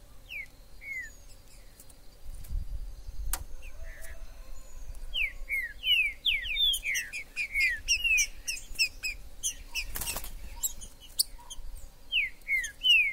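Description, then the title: Green-winged saltator giving repeated clear downslurred whistles in rapid phrases over steady background hum, with a sharp click partway through. Trinca-ferro in the forest (mato), described as a 'major' singer, calling, singing and acting male in a contest; used to stir up a pet bird. "TRINCA Piando, Cantando E Macheando Na DISPUTA. TRINCA FERRO no MATO. Trinca ferro MAJOR no MATO"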